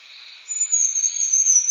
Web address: nepal wren babbler call